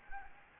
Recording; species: mosquito wingbeat signal from an infrared sensor; Anopheles gambiae